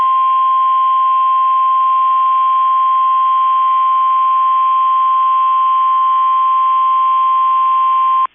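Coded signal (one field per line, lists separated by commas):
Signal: Emergency Alert System (SAME) tones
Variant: 1050 Hz attention tone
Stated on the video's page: Required weekly test from two weather radio transmitters.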